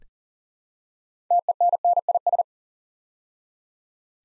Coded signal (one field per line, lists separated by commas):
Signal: Morse code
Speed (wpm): 40 wpm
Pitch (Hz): 700 Hz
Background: none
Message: TENNIS